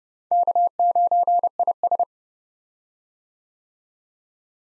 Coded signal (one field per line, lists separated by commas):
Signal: Morse code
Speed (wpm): 30 wpm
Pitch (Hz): 700 Hz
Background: none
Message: K9IS